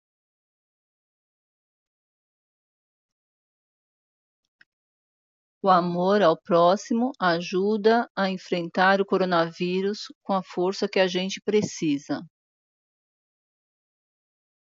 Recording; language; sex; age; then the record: spoken sentence; Brazilian Portuguese; female; 50 to 59 years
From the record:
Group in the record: control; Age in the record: 59 years